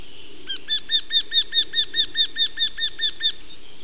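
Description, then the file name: Wryneck giving a rapid, even run of many nasal, slightly squeaky notes, louder in the middle and softer toward the end. "nyaktekercs kiáltozás"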